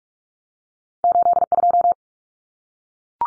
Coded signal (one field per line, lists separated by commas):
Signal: Morse code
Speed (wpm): 44 wpm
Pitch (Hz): 700 Hz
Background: none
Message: 82